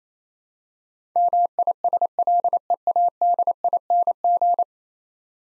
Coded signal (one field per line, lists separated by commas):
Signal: Morse code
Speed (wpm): 28 wpm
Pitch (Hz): 700 Hz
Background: none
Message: MISLEADING